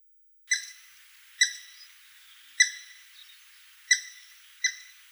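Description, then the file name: Grey-headed woodpecker giving sharp single call notes with a buzzy tail, spaced roughly a second apart, five in all. Russia. "Pticy Rossii - Sedoj dyatel Picus canus"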